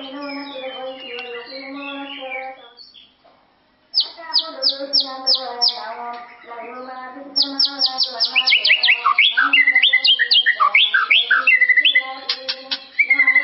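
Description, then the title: White-rumped shama sings soft varied phrases, pauses briefly, then bursts into loud rapid repeated notes and slurred whistles, with a low harmonic drone. "murai batu"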